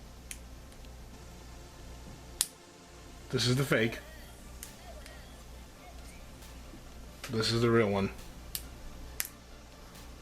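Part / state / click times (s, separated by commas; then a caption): magnetic charging plug into laptop charging port / not seated / none. A counterfeit and a genuine Apple MagSafe magnetic laptop charging plug are handled near a laptop's charging port while someone talks, with a few brief, sharp handling ticks between the speech. Nothing has seated or clicked into the port yet.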